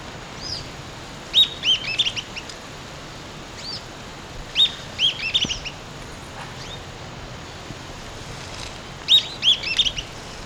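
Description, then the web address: Sooty-headed tyrannulet calls: a few short clusters of sharp, high notes with pauses between them, over a quiet background. Recorded in Ecuador. "Birds of Ecuador 3-03 Sooty-Headed Tyrannulet"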